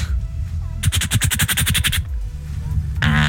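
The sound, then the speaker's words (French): A voice imitates the alarm signal of a broken-down train with a fast run of about a dozen harsh, buzzing pulses, then after a pause adds one more loud, rasping burst. “C'est le signal d'alarme du train qui est en panne.”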